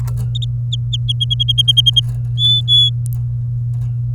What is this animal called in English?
Domestic Canary